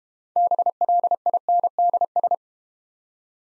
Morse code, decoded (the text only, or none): BLINDS